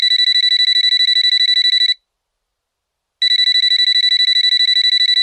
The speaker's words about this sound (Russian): В ее мысли ворвался звонок. На столе запищал, запрыгал мобильный.